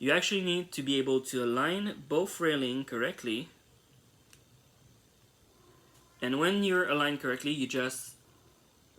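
A plastic armor piece from a Beyblade Burst BU DX Fusion Set spinning-top toy is lined up on the two rails of the toy body before pressing, while someone talks. In a quiet gap, a single faint tick sounds at about 4.3 s. Nothing has seated or clicked yet.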